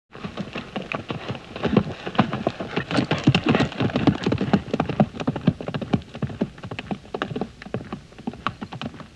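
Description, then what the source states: Horse hoofbeats as dense, rapid thudding impacts, loud and continuous throughout with an uneven rhythm. Galloping away.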